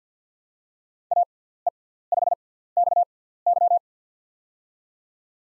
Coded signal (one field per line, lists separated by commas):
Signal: Morse code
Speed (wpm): 50 wpm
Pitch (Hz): 700 Hz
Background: none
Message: AE5XY